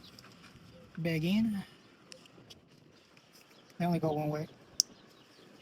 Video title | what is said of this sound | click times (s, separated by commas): R6 Throttle body installation | Snaps right in. | 4.8 s